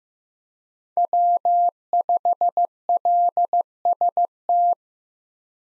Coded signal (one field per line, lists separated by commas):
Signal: Morse code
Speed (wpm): 15 wpm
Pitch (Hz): 700 Hz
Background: none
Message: W5LST